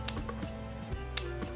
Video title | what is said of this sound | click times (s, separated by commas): LEXIVON 1/4" Drive Torque Wrench with 72-Tooth Gears, Dual-Direction, Micro-Adjustments REVIEW | and if I go like this and turn listen here that click | 1.2 s